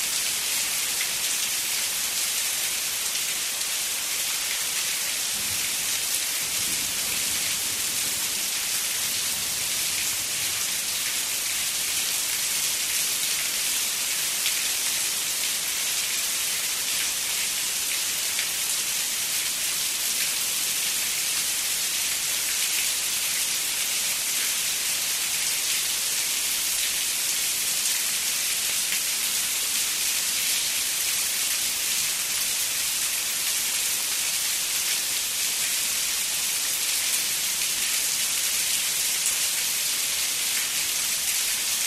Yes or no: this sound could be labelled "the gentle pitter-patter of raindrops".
yes